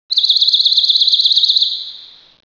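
Bird giving a single high, rapidly wavering whistled trill lasting about two seconds, steady at first and then fading away at the end.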